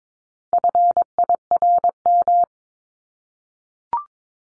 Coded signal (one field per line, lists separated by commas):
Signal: Morse code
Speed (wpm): 22 wpm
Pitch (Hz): 700 Hz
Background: none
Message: FIRM